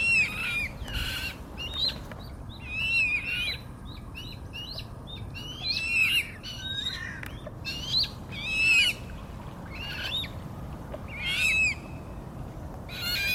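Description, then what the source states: Eurasian coot young calling in high, wavering squeaks and buzzy rasping notes, in irregular bursts, with low background rumble. Young birds.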